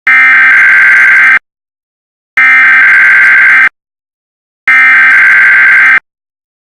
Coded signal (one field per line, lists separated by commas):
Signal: Emergency Alert System (SAME) tones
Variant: header bursts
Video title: EAS Special Weather Statement (EAS #10)